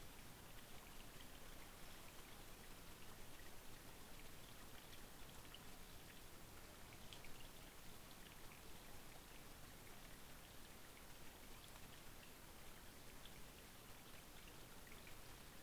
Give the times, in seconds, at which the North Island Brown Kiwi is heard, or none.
none